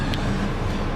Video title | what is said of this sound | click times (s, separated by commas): 2006 Mini Cooper 5-Speed | and then on mini's the sun shade is manual so you just slide it in and locks in place | 0.1 s